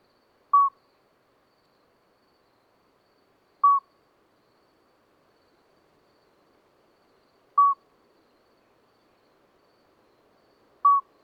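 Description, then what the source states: Common midwife toad singing four pure, short piping notes at steady intervals of three to four seconds, nothing else audible. Two toads singing discreetly all night until dawn after two days of rain, vegetation dripping; Lesches-en-Diois, 13 May 2020; recorded with a Nagra Seven and MKH40 microphone.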